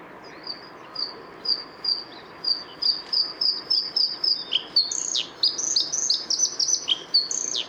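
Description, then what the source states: Bluethroat singing a long run of repeated high notes, then bursting into varied high, sweeping, metallic phrases. Recorded 6 April 2014 at the Isar river mouth near Deggendorf, Germany.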